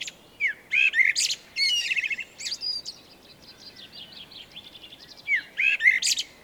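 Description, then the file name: Eurasian blackbird singing fluty whistled phrases, each ending in a thin, squeaky high flourish, with softer twittering between. "Turdus merula"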